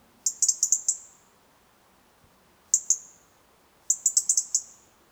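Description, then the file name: European robin with clusters of high-pitched ticks, several, then two, then six in quick succession, against a faint low hiss. "Erithacus rubecula"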